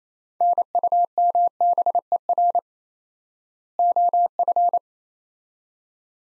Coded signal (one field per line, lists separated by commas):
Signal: Morse code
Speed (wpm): 28 wpm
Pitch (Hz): 700 Hz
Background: none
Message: NUMBER OF